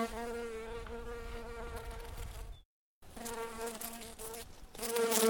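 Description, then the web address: Bumblebee buzzing, a steady, low droning hum, broken once by a short moment of silence before it resumes. "Lynne Music Bumble-Bee-Buzzing"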